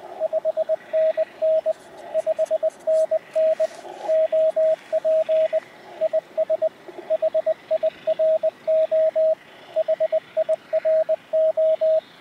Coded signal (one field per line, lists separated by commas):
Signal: Morse code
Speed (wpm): 19 wpm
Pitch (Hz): 630 Hz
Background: radio noise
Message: 5NN 5NN OP IS HIRO HIRO